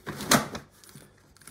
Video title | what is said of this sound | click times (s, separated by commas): Cybex Priam Lux Carrycot: Unboxing and Assembly | until it snaps into place | 0.3 s